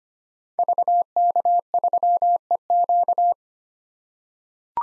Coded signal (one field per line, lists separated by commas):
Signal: Morse code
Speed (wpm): 25 wpm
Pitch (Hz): 700 Hz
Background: none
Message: VK3EQ